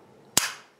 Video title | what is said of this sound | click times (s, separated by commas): Tips: How To Remove The Magazine Base Plate On Any Glock Magazine | and then we just close it up hear the pop and | 0.4 s